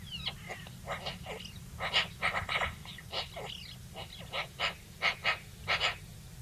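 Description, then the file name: Eurasian magpie chattering, a series of harsh rasping chak notes continuing throughout, over a low background hum. "Pica pica"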